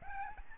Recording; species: mosquito wingbeat signal from an infrared sensor; Aedes albopictus